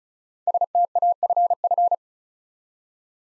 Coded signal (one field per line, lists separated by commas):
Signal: Morse code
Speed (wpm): 36 wpm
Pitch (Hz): 700 Hz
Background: none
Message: STAFF